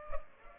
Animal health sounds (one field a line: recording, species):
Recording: mosquito wingbeat signal from an infrared sensor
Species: Culex pipiens